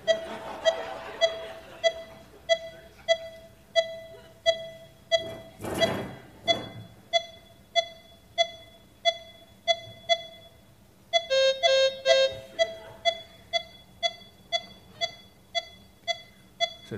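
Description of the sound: Steady, high-pitched pulse oximeter beeps at about 95 per minute, with a brief water splash midway and a short burst of different alarm tones near the end. A young woman immerses her face in ice-cold water: the cold first raises her heart rate, then the vagus nerve slows it in the diving response.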